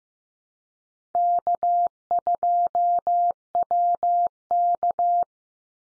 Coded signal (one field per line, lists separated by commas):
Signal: Morse code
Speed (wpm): 15 wpm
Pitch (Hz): 700 Hz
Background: none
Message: K2WK